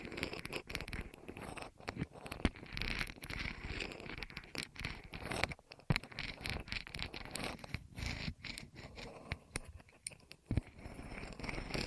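ASMR rolling sounds: a dense, scratchy rumble of rubbing and scraping that runs almost without letup, its loudness wavering constantly. Brief near-silent breaks cut in every second or two, most clearly around 6, 8 and 10.5 seconds.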